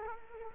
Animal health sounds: mosquito wingbeat signal from an infrared sensor; Culex quinquefasciatus

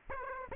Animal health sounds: mosquito wingbeat signal from an infrared sensor; Aedes aegypti

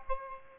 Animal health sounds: mosquito wingbeat signal from an infrared sensor; Aedes aegypti

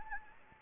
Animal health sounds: mosquito wingbeat signal from an infrared sensor; Anopheles gambiae

